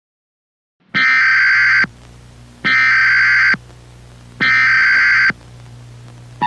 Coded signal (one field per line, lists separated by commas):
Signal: Emergency Alert System (SAME) tones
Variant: header bursts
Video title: World War Z | A Zombiepocalypse EAS Scenario